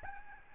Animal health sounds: mosquito wingbeat signal from an infrared sensor; Aedes albopictus

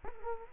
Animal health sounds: mosquito wingbeat signal from an infrared sensor; Culex quinquefasciatus

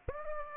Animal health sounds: mosquito wingbeat signal from an infrared sensor; Aedes aegypti

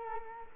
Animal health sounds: mosquito wingbeat signal from an infrared sensor; Culex quinquefasciatus

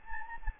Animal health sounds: mosquito wingbeat signal from an infrared sensor; Anopheles gambiae

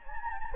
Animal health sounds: mosquito wingbeat signal from an infrared sensor; Anopheles gambiae

